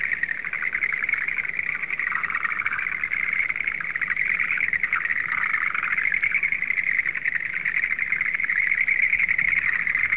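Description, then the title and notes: Frogs in a dense, continuous trilling chorus, a steady high buzz with no breaks. "NHK Sound Effects Collection - 3-Frogs. NHK効果音集 - 3-カエル"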